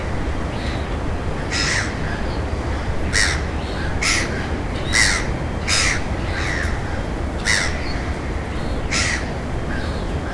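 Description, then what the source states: Gull calls, harsh squawking notes repeated at irregular intervals over a steady low roar of surf or wind. At the ocean.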